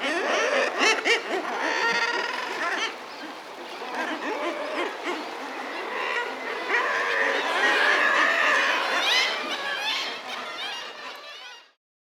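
Guillemots growling and moaning together, loud overlapping harmonic calls that swell and ebb before fading out at the end.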